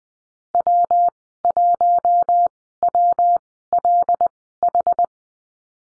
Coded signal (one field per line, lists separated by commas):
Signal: Morse code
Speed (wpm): 20 wpm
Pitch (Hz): 700 Hz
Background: none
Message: W1WLH